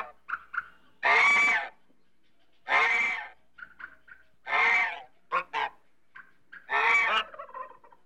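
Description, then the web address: African goose honking, four loud rasping honks spaced about every one and a half to two and a half seconds, with softer short calls in between. "bird african goose calls animal"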